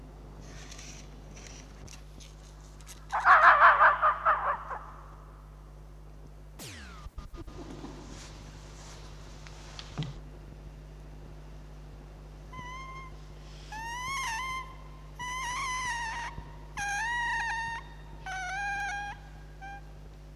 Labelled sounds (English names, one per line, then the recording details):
Red Fox
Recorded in captivity
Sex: diverse
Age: juvenile
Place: Zoologisches Institut der HUB, Berlin, DE
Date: 1956-05-16 12:45
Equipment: Elmetra
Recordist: Tembrock, Günter
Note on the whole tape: Molly-Welpen: Weibchen - zweimal Welpenbellserie mit Winselanlaut. Männchen: Bellserie (auf engem Raum am Fortlaufen gehindert) einmal mit Hals auf Korbrand (dumpfe Lautfolge) - danach Schnitt (vorher naher Abstand); dann auf dem Schoß des Beobachters vor dem Einschlafen: helles Quärren